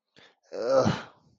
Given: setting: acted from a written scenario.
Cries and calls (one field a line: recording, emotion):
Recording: vocal sound without words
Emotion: distress